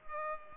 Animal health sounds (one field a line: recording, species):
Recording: mosquito wingbeat signal from an infrared sensor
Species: Culex pipiens